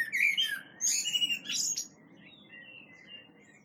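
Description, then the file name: Common blackbird calls: loud squeaky, scratchy notes packed into the first two seconds, then fading to faint scattered chirps. "Turdus merula"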